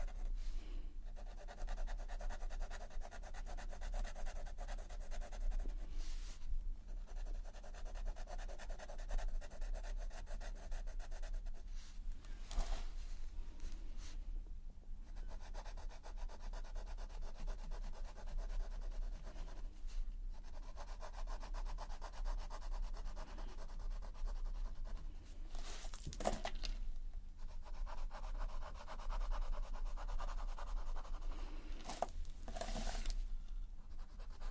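Colored pencil strokes rub steadily across paper in dry, scratchy bursts, with brief pauses and a few sharper scrapes near 26 and 32 seconds.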